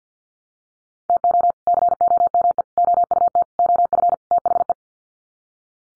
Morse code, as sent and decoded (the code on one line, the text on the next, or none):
- --- / -.-. --- -- . / --- ..- - / --- ..-. / - .... .
TO COME OUT OF THE